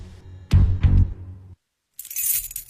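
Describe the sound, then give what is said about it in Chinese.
Two heavy thumps, a brief silence, then a bright, rapid jingle of car keys rattling for about a second as a character in the suspense novel 'Pinocchio and the Canary' takes out his car keys. No one speaks. “钱思伟掏出车钥匙，车开出名著小院”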